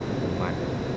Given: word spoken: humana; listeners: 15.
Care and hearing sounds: one Spanish word in noise, from a listening test; speech-shaped noise; -4.6 dB; 1 of 15; 9 of 15; 0.57 s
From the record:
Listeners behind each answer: 9, 3, 1, 1, 1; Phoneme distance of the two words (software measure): 10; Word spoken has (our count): 3 syllables, 5 phonemes, stress on syllable 2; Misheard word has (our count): 3 syllables, 5 phonemes, stress on syllable 2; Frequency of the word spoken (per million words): 99.02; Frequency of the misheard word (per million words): 115.24

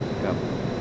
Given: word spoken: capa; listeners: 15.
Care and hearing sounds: one Spanish word in noise, from a listening test; speech-shaped noise; -5.1 dB; 0 of 15; 7 of 15; 0.42 s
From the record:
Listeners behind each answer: 7, 3, 1, 1, 1, 1, 1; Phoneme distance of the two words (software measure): 17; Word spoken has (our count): 2 syllables, 4 phonemes, stress on syllable 1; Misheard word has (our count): 2 syllables, 5 phonemes, stress on syllable 1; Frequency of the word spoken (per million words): 31.63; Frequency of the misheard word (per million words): 201.72

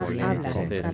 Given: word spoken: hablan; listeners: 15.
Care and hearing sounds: one Spanish word in noise, from a listening test; four-talker babble; -1.9 dB; 1 of 15; 13 of 15; 0.54 s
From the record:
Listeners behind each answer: 13, 1, 1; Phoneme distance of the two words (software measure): 7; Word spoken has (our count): 2 syllables, 5 phonemes, stress on syllable 1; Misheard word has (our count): 2 syllables, 4 phonemes, stress on syllable 1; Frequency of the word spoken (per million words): 30.15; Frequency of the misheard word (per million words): 108.79

